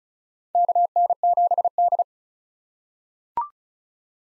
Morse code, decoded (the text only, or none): KN7D